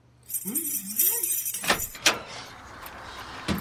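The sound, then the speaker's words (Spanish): A voice rises and falls in a short hum, then bright metallic clinks and a couple of sharp clicks ring out as keys jangle and the lock of a consulting-office door turns, followed by a faint rustle. “¿Dónde están mis llaves? Acá está. ¿Cuál será la puerta? Ahí está, ahí está.”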